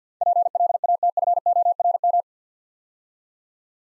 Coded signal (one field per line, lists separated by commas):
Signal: Morse code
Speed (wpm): 52 wpm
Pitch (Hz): 700 Hz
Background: none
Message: PLATFORM